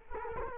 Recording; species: mosquito wingbeat signal from an infrared sensor; Culex quinquefasciatus